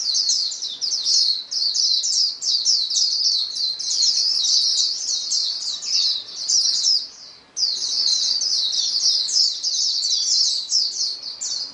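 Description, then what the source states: Several white-eye in a busy chorus of shrill, fast twittering notes, steady for about seven seconds, a short gap, then the singing resumes. Chorus of many birds singing together.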